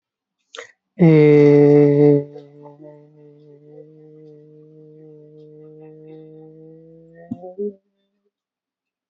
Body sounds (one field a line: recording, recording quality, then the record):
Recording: sustained vowel as in made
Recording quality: moderate, slight background noise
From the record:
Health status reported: healthy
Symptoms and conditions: none ticked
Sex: male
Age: 23 years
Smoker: not ticked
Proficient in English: yes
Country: India